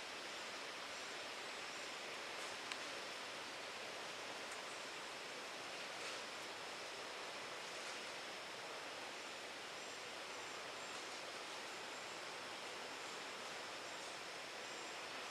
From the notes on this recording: Wekiva River Conservation Area, on the northern edge of suburban Orlando, Florida